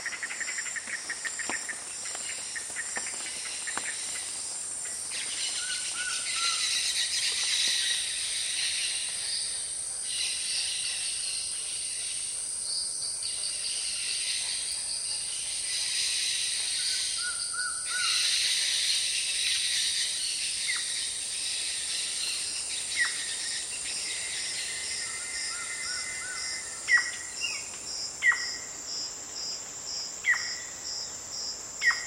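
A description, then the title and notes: Amazon rainforest ambience with a dense, steady bed of high insect buzzing and trilling that swells in waves through the middle. Short bird calls and chirps break through now and then, with sharper clicks and calls clustering near the end. Amazon Jungle is a collection of unique ambiences recorded in the Amazon rainforest on the border between Peru, Bolivia and Brazil. The library was recorded during the rainy season when birds are vocal and humidity is at its highest.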